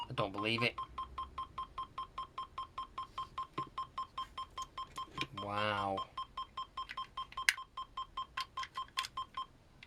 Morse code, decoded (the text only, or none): none